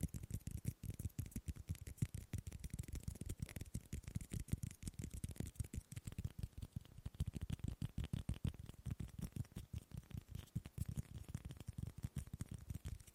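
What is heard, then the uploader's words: Tapping on objects runs through all thirteen seconds as dense, rapid strikes, each a short knock with a low thud and a sharp click on top. The pace shifts between fast bursts and slightly sparser stretches, with no other sounds behind it. ASMR Fast & Slow Tapping on 6 Objects No Talking.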